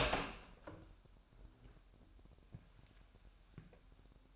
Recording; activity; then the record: daily activity, microphone in the room; open door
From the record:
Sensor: 2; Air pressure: 998.3 hPa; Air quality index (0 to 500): 136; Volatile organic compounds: 3 ppm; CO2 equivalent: 1533 ppm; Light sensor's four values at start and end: 12/35/14/14 and 12/35/14/14